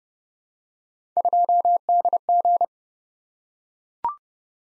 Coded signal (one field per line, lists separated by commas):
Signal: Morse code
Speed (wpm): 29 wpm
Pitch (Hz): 700 Hz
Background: none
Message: 2DG